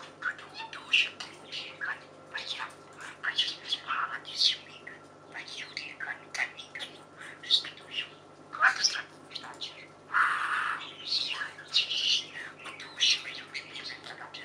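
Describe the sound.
Budgerigar: budgie-type chatter, quieter warbled chirps and clicks running steadily, with a brief harsher burst later on.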